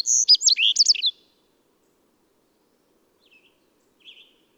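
Bird song: a quick burst of high, twisting whistled notes lasting about a second, followed by silence and two faint short chirps.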